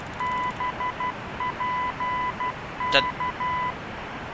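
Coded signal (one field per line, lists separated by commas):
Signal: Morse code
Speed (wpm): 12 wpm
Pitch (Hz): 1000 Hz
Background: none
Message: BPK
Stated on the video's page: Heard in the X-Plane 12 flight simulator in a Boeing 747-200 Freighter.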